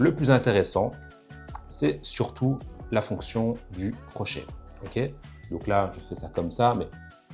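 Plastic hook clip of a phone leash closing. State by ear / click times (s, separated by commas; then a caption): not seated / none. Someone talks over background music while working the plastic hook of a phone leash accessory, which is meant to clip shut. The hook is handled, but nothing has seated or clicked yet by the end of the clip.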